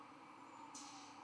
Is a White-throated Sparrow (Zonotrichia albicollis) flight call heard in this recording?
no